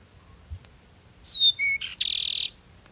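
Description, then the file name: Peruvian meadowlark singing one phrase: a high whistle, then slurred descending whistled notes and a brief rattle, ending in a loud harsh buzz lasting half a second. "Sturnella bellicosa - Peruvian Meadowlark"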